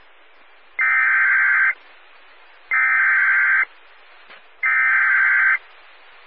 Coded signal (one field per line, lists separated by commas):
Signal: Emergency Alert System (SAME) tones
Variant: header bursts